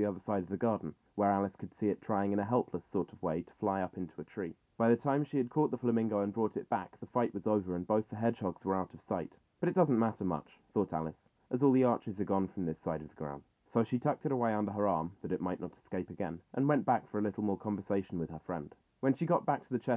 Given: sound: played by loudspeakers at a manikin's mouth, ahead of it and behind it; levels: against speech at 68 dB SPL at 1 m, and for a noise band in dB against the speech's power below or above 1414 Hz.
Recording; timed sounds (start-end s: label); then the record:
test signals for a remote microphone
0.00-19.97 s: man speaking
From the record:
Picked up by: measurement microphone